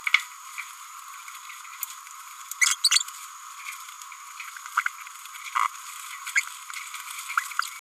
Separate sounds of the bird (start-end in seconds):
2.61-2.66, 2.84-2.90, 4.76-4.81, 6.26-6.31, 6.35-6.41, 7.37-7.41